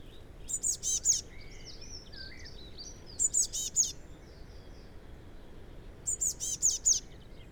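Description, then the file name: Eurasian blue tit uttering three bursts of high, thin, clipped notes about every three seconds, with fainter twittering between the bursts. "Cyanistes caeruleus"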